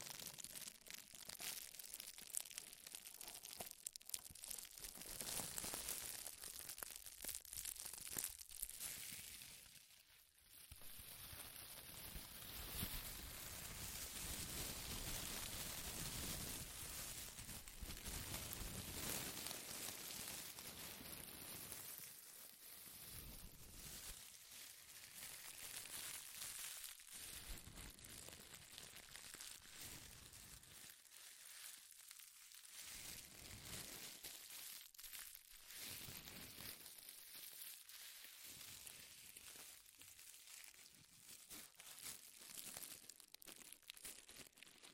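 Loud, dense crinkling runs almost without pause for the whole stretch, a bright, crackling rustle like stiff plastic or foil being crushed and handled. The texture shifts constantly, with brief near-silent gaps around 10, 22 and 32 seconds before the crumpling resumes.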